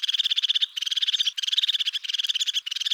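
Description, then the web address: Crested tit giving rapid purring trills in short bursts, each lasting under a second with brief gaps between them, high and rhythmic. "Parus cristatus"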